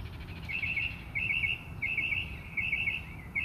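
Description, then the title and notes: Bird song, a quick trilled phrase of three or four bright notes repeated about every two-thirds of a second, steady and insistent, with low rumble underneath. Birds singing outside the recordist's house. "Bird Songs Part Two. More bird songs outside my house"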